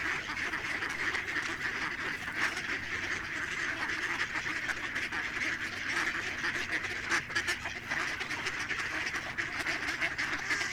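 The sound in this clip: Ducks quacking in a dense, unbroken chorus, many overlapping harsh calls forming a steady chatter throughout.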